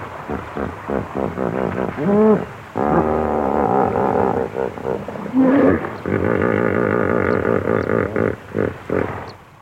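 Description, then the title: Hippopotamus giving loud wheezing snorts and honking grunts in long bursts, with choppy breathy pulses between calls. Snorting, by a river. "HIPPO, BY RIVER, SNORTING, ANIMAL, VERSION 1. DIGIFFECTS. Elephants, Hippos & Rhinos"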